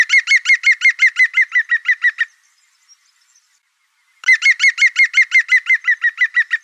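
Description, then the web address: European green woodpecker giving a loud laughing series of about a dozen ringing notes that dip slightly in pitch, then a two-second pause and another burst that begins the same way. "Oiseaux Pic Vert"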